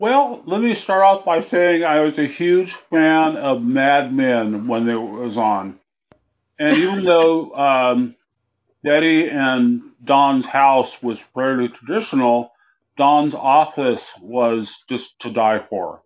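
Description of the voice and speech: Adult male speaker with slurred speech (dysarthria), a temporary result of recent surgery in December to remove a brain tumor, an acoustic neuroma (vestibular schwannoma).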